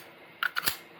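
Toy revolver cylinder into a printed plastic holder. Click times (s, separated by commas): 0.5 s, 0.6 s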